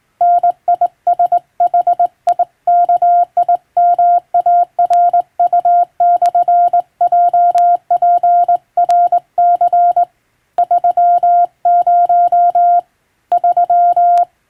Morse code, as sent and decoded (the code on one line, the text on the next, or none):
-. .. ... .... .. -.- .. -- .- .-. ..- -..-. .--- .--. .-. -.-. / ...-- ----- / ...--
NISHIKIMARU/JPRC 30 3